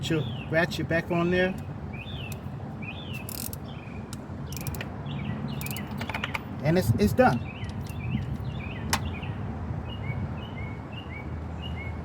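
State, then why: Seated. An ignition coil boot is pushed down onto a tightened spark plug in an engine, with birds chirping in the background and someone talking. After a few faint clicks around 3.4 and 6.1 to 6.4 seconds, a single sharp snap at 8.9 seconds means the boot has seated on the plug.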